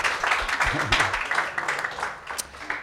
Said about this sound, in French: Quelques applaudissements